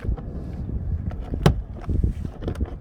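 A plastic trim cover in a car door panel is pried out with a trim tool over a steady low rumble, with faint scrapes and small ticks around it. A sharp pop at 1.5 s marks its clips letting go, and the cover is released from the door.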